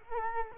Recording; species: mosquito wingbeat signal from an infrared sensor; Culex quinquefasciatus